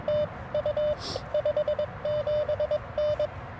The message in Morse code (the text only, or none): TU 57N